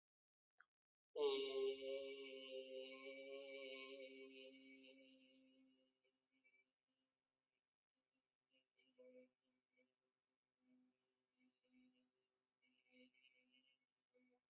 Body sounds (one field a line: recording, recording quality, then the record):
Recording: sustained vowel as in beet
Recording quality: excellent, no background noise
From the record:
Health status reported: healthy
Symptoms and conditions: hypertension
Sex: male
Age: 55 years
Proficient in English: yes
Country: India